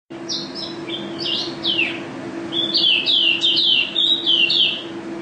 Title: Pleci Juara 1 Nasional pleci Gacor juara nasional teler gacor ropel pleci isian kenari Video 2015